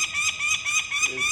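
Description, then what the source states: Peregrine Falcon chick calling: harsh wailing screams repeated several times a second, each rasping note strongly harmonic. Female chick, 21 days old, weighed at 785 grams while being handled during banding after removal from a nest box on an urban building ledge.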